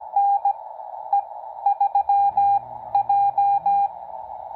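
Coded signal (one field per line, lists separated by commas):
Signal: Morse code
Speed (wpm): 16 wpm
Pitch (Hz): 800 Hz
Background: none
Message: N E 3 J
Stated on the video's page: Parks on the Air CW contact with a Pennsylvania station.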